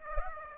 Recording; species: mosquito wingbeat signal from an infrared sensor; Aedes aegypti